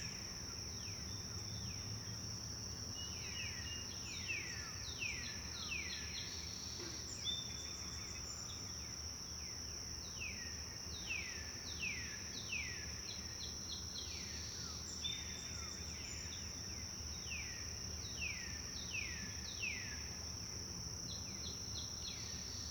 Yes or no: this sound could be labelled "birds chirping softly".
yes